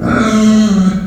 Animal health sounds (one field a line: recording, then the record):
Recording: squeal of a Yucatan mini pig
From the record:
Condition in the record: after surgery on the right vocal fold (resection and tissue-engineered implant)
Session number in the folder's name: 6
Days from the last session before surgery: 40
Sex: female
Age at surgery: 19 weeks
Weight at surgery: 25 kg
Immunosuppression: prednisolone